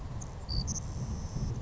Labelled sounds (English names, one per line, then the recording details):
Savannah Sparrow
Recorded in Sonoma County, California